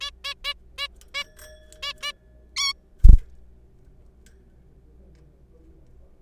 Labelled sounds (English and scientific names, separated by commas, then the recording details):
Zebra Finch (Taeniopygia guttata)
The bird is a juvenile
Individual R3428